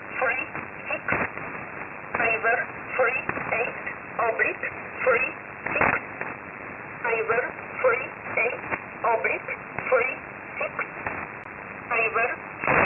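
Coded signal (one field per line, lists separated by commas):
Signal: numbers station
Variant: E11 Oblique, English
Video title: 07 06 2021 Number station E11 Oblique in English to Eu 0900 on 7449 unknown tx site in USB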